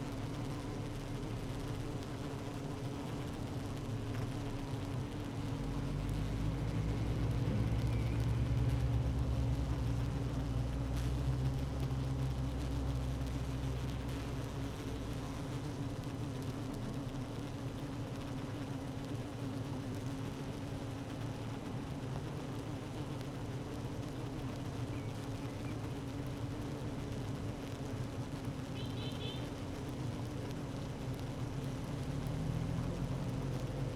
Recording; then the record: honeybee colony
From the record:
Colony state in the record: active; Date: 12 June 2018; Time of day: 15:35